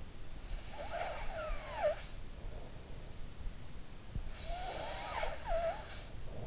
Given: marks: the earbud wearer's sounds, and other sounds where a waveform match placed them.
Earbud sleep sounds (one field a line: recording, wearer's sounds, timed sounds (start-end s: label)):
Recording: sounds in sleep by an in-ear microphone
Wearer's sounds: snoring breath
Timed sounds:
0.36-2.71 s: snoring breath
4.14-6.42 s: snoring breath